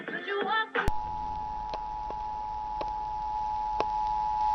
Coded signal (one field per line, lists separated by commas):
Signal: Emergency Alert System (SAME) tones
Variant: 853 and 960 Hz attention tone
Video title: EAS/EBS history part 2 (2001-2010) (LOUD SOUND WARNING)